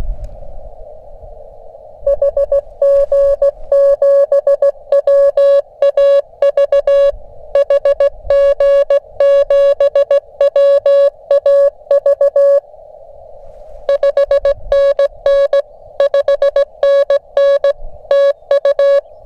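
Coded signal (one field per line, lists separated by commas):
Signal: Morse code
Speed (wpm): 16 wpm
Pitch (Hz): 530 Hz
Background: music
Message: HG7WAV HG7WAV 5NN 5NN TU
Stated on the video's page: Morse sent on a SOTA summit with an LNR Precision LD-11, an 11-band HF and 6m trail-friendly transceiver giving up to 8W.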